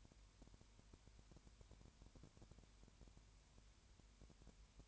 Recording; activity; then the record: daily activity, microphone in the room; no activity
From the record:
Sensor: 2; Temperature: 20.3 degrees Celsius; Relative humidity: 33.8%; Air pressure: 1003.1 hPa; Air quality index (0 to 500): 82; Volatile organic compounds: 1 ppm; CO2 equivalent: 786 ppm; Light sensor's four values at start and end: 2/3/2/2 and 2/3/2/2